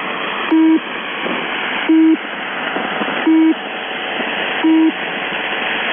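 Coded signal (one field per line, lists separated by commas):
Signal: channel marker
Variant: UVB-76 (The Buzzer)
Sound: four short low buzzes, evenly spaced, over hissing shortwave static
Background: radio static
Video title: The Buzzer/UVB-76(4625Khz) January 4, 2022 channel marker transition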